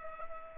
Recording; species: mosquito wingbeat signal from an infrared sensor; Culex pipiens